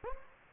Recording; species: mosquito wingbeat signal from an infrared sensor; Anopheles gambiae